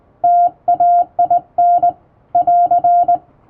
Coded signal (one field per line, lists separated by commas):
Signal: Morse code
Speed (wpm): 20 wpm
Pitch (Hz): 700 Hz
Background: none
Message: TAIN <AR>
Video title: 【手打ちモールス符号のトンツー教室】基本的な打ち方、正しい姿勢で縦振り電鍵で打ちました！綺麗な手打ちモールス符号で送信しよう！欧文電報練習帳を使用しています(morse code practice)